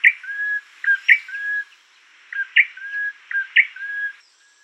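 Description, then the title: Prinia song of several phrases, each a sharp bright chip followed by a drawn-out flat whistled note, with pauses between. "prenjk gnung. suara burung prenjak coki"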